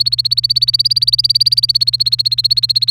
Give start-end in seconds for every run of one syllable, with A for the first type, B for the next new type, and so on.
0.00-2.90 A